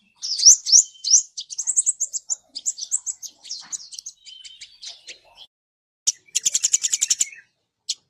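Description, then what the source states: Bird song: a rapid run of high, sharp chirps and slurred notes. A brief pause follows, then a fast burst of dry clicking notes and one final chirp. Masteran recording, a bird song used to train songbirds.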